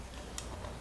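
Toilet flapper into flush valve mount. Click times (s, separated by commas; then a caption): 0.4 s. A replacement flapper's back is clipped into the grooves on the plastic flush valve of a Kohler one-piece toilet (flush valve 84996). A single sharp click sounds at 0.4 s against a quiet background, and the flapper is seated on the flush valve.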